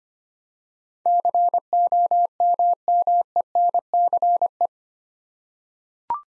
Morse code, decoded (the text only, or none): COMMENCE